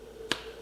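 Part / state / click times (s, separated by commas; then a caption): plastic keycap onto key switch / seated / 0.3 s. A plastic keycap is pressed down onto a key switch and gives one short, sharp click at 0.3 s over a faint steady hum. The click means the keycap has seated, held in place by a lock inside it.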